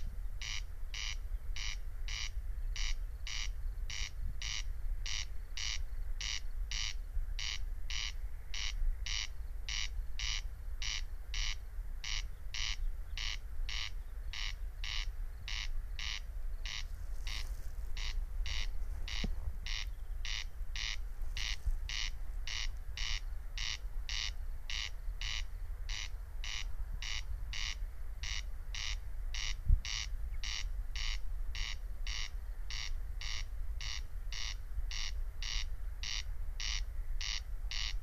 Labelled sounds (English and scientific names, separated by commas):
Corn Crake (Crex crex) song